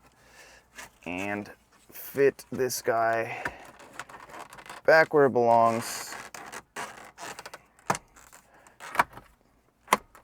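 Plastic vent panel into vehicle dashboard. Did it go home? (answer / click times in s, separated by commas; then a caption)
yes / 9.9 s. A plastic dash vent and clock panel is pushed back into its opening in the dashboard of an 80 Series vehicle while someone talks. Several light plastic taps and knocks follow as it is worked in. The panel snaps into place with a sharp click at 9.9 s and is seated.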